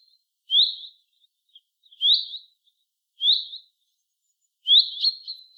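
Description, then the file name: Common chaffinch giving short, sharp high call notes, four in all, spaced over a second apart, the last one doubled with a brief trailing note; otherwise quiet. "Fringilla coelebs"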